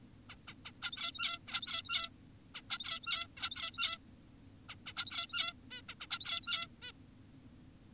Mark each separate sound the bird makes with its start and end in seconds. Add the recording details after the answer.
0.30-0.36, 0.48-0.54, 0.66-0.72, 0.82-1.38, 1.48-2.10, 2.55-2.62, 2.70-3.27, 3.37-3.98, 4.69-4.75, 4.86-4.93, 4.96-5.53, 5.71-5.82, 5.89-5.94, 6.01-6.07, 6.10-6.67, 6.82-6.92. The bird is an adult. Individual g17y2U